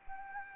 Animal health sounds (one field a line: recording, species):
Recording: mosquito wingbeat signal from an infrared sensor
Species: Anopheles arabiensis